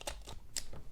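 A removable battery pack is fitted onto the back of an INNOVV H5 helmet camera body, plastic against plastic, with a few light scrapes and taps early on. A single sharp, bright click at 0.6 s marks the pack locking into place, so the battery is seated on the camera.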